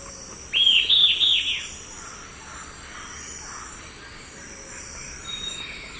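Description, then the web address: Yellow-crowned elaenia giving a short chatter of three quick notes over a continuous high insect drone. Eastern lowlands of South America. "Natures Songs S America Eastern Lowlands. Yellow-crowned Elaenia"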